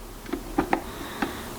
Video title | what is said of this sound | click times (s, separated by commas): Espressione Coffee Grinder | that just pops in here | 0.7 s